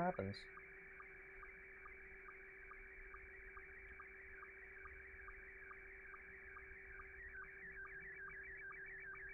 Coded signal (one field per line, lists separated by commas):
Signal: SSTV (slow-scan television)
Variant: Scottie 1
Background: speech